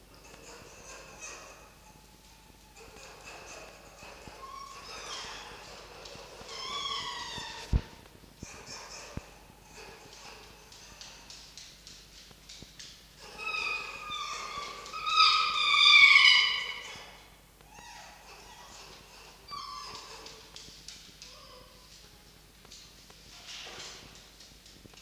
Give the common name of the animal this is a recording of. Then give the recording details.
Red Fox. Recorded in captivity. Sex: pair. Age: adult. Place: Zoologisches Institut der HUB, Berlin, DE. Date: 1953-03-31 18:30. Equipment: Elmetra. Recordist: Tembrock, Günter. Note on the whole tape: Jupp (Fleischübergabe an Fiffi): Muffen mit Fleisch; Fiffi: Winseln (= Begrüßungswinseln)